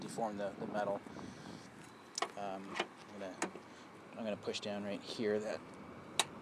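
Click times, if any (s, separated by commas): 6.2 s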